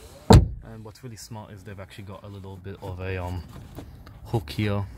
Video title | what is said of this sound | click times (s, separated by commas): How To Get The Most Out Of Your Suzuki Swift | you lock it looks good don't goes down | 0.3 s